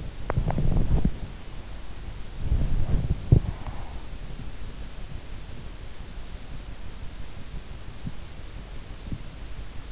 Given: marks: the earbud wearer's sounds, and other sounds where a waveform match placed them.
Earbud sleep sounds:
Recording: sounds in sleep by an in-ear microphone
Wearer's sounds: body movement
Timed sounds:
0.00-4.28 s: body movement

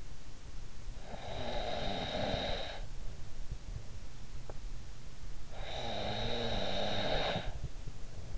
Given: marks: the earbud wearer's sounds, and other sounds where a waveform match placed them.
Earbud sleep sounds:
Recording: sounds in sleep by an in-ear microphone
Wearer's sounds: snoring breath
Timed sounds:
0.78-3.95 s: snoring breath
5.15-8.38 s: snoring breath

